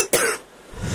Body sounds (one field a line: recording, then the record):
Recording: coughing mixed with background sound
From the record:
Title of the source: 34 coughing up crap again